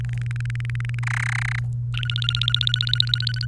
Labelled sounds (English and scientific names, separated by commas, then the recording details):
Domestic Canary (Serinus canaria) song
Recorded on 29 April 2018 at 13:45
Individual llb3